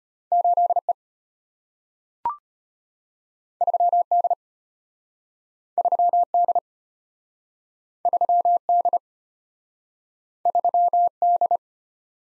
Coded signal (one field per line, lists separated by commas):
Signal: Morse code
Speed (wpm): 35 wpm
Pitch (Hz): 700 Hz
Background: none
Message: 8E 3D 3D 3D 3D